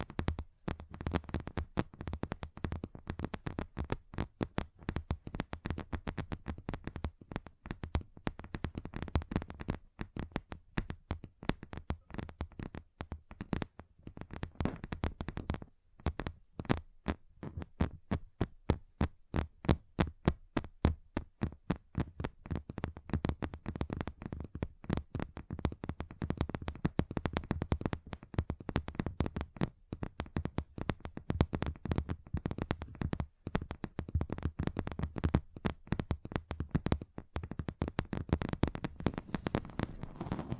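Fingers tap on a table in a dense, uneven stream of sharp knocks that continues for the whole recording. Each tap lands with a dull thump and a crisp click. The pace shifts between quick bursts and short gaps, with brief pauses around fifteen seconds.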